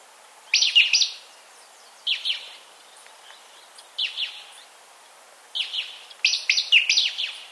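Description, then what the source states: Beautiful jay calls: harsh, rasping bursts of two to four notes given in clusters every couple of seconds, over a faint steady background hiss. Recorded in Ecuador.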